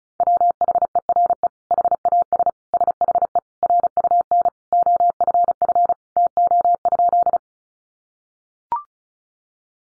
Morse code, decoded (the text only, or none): WHERE HAS SHE RUN OFF TO?